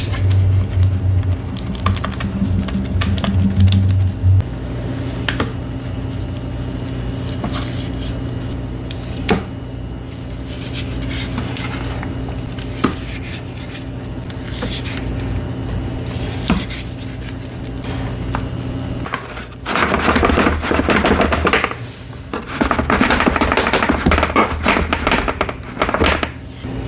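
Crushing and working black gym chalk, with a low steady hum underneath throughout. Scattered sharp clicks and scrapes come every few seconds in the first half, then after about nineteen seconds dense bursts of crunching and squishing, gritty scraping fill the rest.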